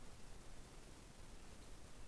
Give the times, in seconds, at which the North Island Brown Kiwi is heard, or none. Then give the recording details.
none. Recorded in New Zealand on 20 November 2013. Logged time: 21:14. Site CG22